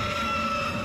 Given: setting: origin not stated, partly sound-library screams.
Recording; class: one-second piece from a danger detection set; woman in danger